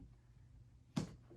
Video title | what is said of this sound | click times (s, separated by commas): 12.9-inch iPad Pro 2020 Unboxing - Apple Pencil (2nd gen) & Smartfolio Case - First Impressions | Ooh, I hope it just snaps into place, which it most certainly does. | 1.0 s